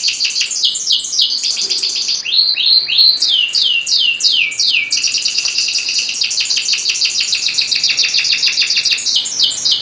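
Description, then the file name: Canary song: a long, loud run of high, rapid trills and falling slurred whistles, shifting between fast buzzy rolls and sweeping notes, continuous throughout. Standard canary song. "suara kicauan kenari standar. omkicau"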